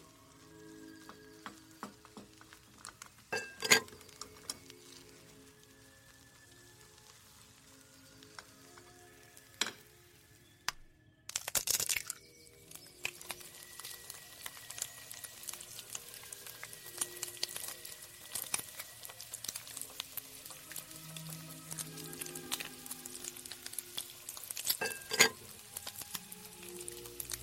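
Someone cooks in a kitchen as old-time music plays softly underneath, its sustained notes running the whole way through. Sharp clinks and clatters land around 4, 10 and 25 seconds, with a loud scrape near 12, after which a steady crackling sizzle fills the rest.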